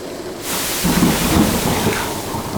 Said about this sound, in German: Mit uns auf der Heimreise sind aber in einen schweren Sturm geraten. Wir treiben manövrierunfähig in der See.